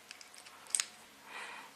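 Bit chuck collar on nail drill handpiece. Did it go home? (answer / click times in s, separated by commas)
released / 0.8 s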